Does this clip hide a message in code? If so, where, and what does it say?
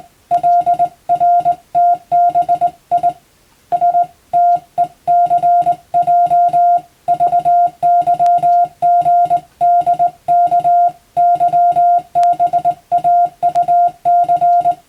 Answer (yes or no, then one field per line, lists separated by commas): yes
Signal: Morse code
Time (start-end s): 0.3-14.7 s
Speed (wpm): 19 wpm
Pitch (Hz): 700 Hz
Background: music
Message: LRTBI STECJ VYGDK YBAUC